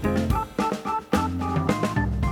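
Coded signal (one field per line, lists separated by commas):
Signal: none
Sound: music drum beats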